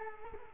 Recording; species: mosquito wingbeat signal from an infrared sensor; Culex quinquefasciatus